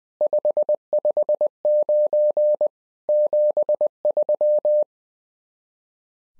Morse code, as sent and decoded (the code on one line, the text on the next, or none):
..... ..... ----. / --... ...--
559 73